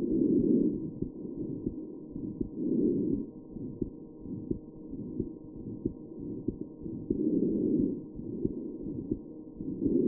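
Muffled low-pitched heart sounds with intermittent whooshing swells, a heart murmur from turbulent blood flow.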